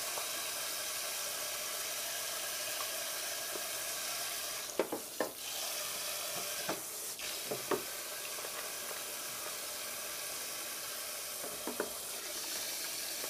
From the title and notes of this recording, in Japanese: 洗い物の後はえびそば。中華鍋を購入しました。